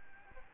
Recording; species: mosquito wingbeat signal from an infrared sensor; Aedes albopictus